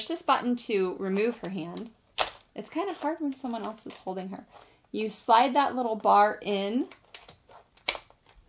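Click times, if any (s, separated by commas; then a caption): 7.9 s. Someone talks while sliding the plastic bar held in the doll's hand into the slot on the side of the saddle of a Barbie Saddle 'N Ride toy horse. A few faint clicks follow, then a sharp click at 7.9 s as the bar seats and locks the doll in place.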